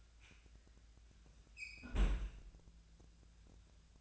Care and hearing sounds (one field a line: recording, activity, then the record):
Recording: daily activity, microphone in the room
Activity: close fridge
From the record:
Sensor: 2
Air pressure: 1009.6 hPa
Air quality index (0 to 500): 182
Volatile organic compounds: 11 ppm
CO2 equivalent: 2275 ppm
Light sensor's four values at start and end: 27/65/28/31 and 27/65/28/31